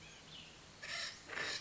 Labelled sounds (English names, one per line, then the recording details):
Cassin's Vireo
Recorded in Sonoma County, California